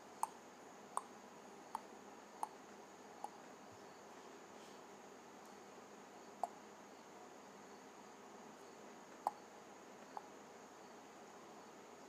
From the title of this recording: Clicking my Tongue